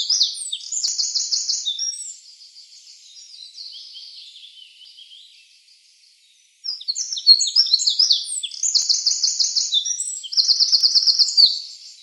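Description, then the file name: Eurasian wren singing two bursts of rapid, high, ringing trills and twittering notes, separated by a fading, quieter stretch and a brief silence. Recorded 24 April 2013. "24 04 2013 Zaunkoenig"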